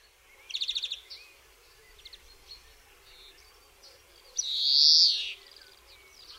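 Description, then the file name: European greenfinch song: a fast rattling trill, a few softer twitters, then a drawn-out buzzy wheeze followed by faint chirps. "DZWONIEC"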